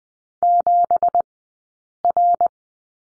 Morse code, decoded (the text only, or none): 7R